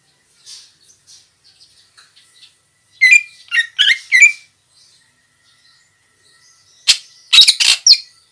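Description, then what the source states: Greater green leafbird calls: faint soft notes, then a group of loud harsh chattering bursts, a pause, and another loud rasping group near the end. Female.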